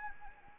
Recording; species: mosquito wingbeat signal from an infrared sensor; Anopheles arabiensis